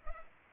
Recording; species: mosquito wingbeat signal from an infrared sensor; Culex pipiens